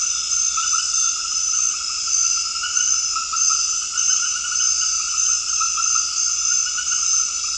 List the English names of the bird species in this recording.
none